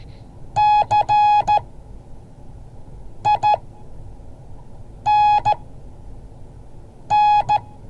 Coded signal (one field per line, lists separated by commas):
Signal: Morse code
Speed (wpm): 14 wpm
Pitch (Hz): 840 Hz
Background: none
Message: CINN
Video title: Morse code class 2023-01-20